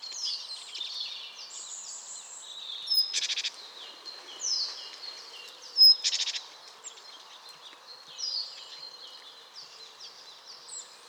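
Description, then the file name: Great tit calls, harsh buzzy churring bursts twice, among thin high notes and chirps from other small birds. "Parus major"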